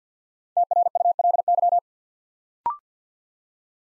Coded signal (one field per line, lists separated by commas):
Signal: Morse code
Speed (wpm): 48 wpm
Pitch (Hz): 700 Hz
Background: none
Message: TRULY